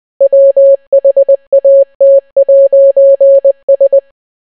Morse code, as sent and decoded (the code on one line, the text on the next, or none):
.-- .... .- - .----. ...
WHAT'S